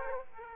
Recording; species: mosquito wingbeat signal from an infrared sensor; Aedes aegypti